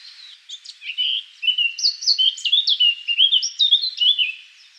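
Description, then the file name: Eurasian blackcap song, a brief quiet start followed by a loud, rich run of fluty rising and falling notes. "Sylvia atricapilla"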